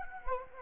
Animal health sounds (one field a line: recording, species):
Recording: mosquito wingbeat signal from an infrared sensor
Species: Anopheles gambiae